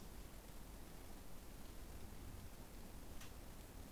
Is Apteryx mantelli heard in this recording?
no